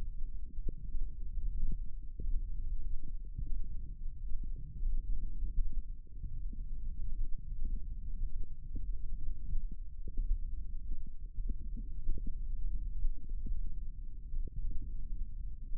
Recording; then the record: forearm muscle sounds (acoustic myography)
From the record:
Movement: finger pinch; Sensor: system 1, eight BSWA MPA416 microphones around the upper forearm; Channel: 8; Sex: male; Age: 18 years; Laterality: right